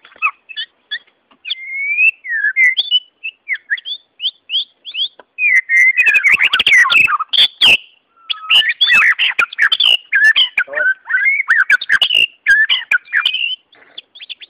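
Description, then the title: White-rumped Shama singing: separate clear whistled notes at first, then a fast, jumbled stream of varied whistles and sharp clicks. "murai batu"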